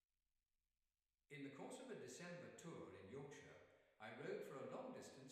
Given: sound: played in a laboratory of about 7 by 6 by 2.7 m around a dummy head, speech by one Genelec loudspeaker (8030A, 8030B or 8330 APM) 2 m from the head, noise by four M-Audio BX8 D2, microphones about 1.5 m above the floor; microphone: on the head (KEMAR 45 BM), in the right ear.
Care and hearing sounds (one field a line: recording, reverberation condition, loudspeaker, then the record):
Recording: male speech in English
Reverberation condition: high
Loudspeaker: 120 degrees to the right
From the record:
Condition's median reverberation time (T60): about 1300 ms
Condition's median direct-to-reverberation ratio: about -4.0 dB